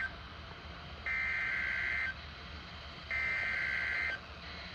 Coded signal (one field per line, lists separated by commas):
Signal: Emergency Alert System (SAME) tones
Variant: header bursts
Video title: Rare signal wxm80 severe thunderstorm watch (EAS# 1,044)